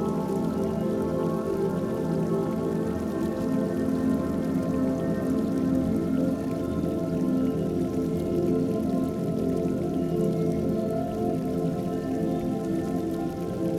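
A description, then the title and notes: Steady, dense rain patters against a window alongside a sustained low droning tone that holds evenly throughout, with no distinct events standing out. The sound of rain falling against the window.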